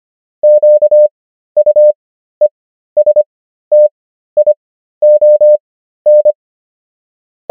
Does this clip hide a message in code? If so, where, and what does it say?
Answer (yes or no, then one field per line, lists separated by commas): yes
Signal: Morse code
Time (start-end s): 0.4-6.3 s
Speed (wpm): 25 wpm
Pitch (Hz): 600 Hz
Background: none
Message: QUESTION